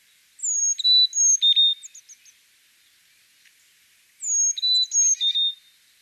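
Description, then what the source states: Carolina chickadee singing high whistled phrases of about four notes alternating high and lower pitches, two bursts separated by a silent pause. Recorded singing in Virginia; song similar to that of the black-capped chickadee.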